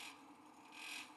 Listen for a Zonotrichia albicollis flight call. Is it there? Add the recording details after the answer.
no. No flight call is heard. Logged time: 09:21 on 5 December 2014